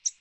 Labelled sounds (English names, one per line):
American Redstart flight call